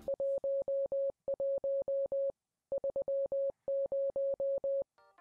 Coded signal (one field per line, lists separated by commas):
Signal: Morse code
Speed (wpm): 20 wpm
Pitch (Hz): 550 Hz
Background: none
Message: 11 30